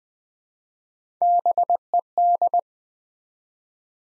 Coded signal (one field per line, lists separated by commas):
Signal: Morse code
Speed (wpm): 20 wpm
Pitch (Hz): 700 Hz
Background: none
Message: BED